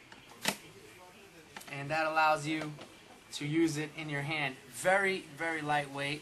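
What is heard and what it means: The back release button on a Haan handheld steam cleaner is pressed to loosen its small handle, and a sharp click at 0.5 s marks the latch letting go and the handle releasing. Someone then talks.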